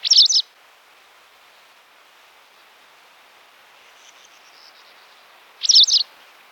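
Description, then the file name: White wagtail calls, two quick bursts of high, sharp chirping notes about five seconds apart, with quiet background hiss between them. "trjasoguzka belaja"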